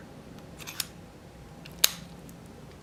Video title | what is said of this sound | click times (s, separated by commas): How to Rekey an ABUS 83/45 Padlock with Schlage Keyway | click that's all the way seated you can see the cylinder face is flush with the lock body | 1.8 s